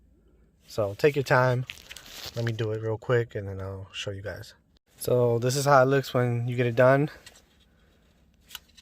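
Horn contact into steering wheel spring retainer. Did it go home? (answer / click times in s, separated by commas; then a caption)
yes / 8.5 s. Someone talks while a horn contact piece for an aftermarket billet steering wheel on a 1994 Chevy Caprice is pushed down into its spring retainer and twisted. After the talking stops, a sharp click at 8.6 s marks the horn contact twist-locking into place.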